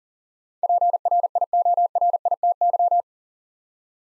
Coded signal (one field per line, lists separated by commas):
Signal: Morse code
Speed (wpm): 40 wpm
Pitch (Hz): 700 Hz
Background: none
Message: PRIORITY